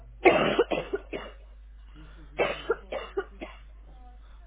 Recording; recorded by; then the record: voluntary cough; telephone call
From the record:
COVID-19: negative